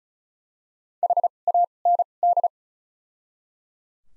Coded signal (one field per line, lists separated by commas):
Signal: Morse code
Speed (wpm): 34 wpm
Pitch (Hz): 700 Hz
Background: none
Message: H A N D